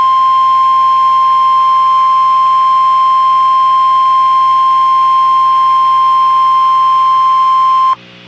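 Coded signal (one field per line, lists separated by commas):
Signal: Emergency Alert System (SAME) tones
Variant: 1050 Hz attention tone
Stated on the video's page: Severe thunderstorm watches and warnings and tornado warning from NOAA Weather Radio stations in Fort Worth, Dallas, Waco and Austin, Texas.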